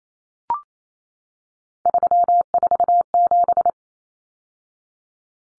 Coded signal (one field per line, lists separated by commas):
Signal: Morse code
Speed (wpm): 28 wpm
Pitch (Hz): 700 Hz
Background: none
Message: 347